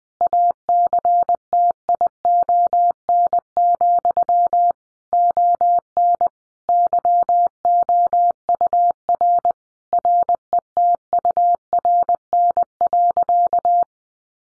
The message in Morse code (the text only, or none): ACTION, ON YOUR RETURN.